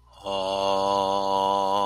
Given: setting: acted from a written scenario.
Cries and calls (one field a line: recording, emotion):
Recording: vocal sound without words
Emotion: serenity